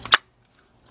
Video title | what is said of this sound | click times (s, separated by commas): 1997-2002 Ford Expedition rear brake pads replacement | snaps right into place just like that | 0.0 s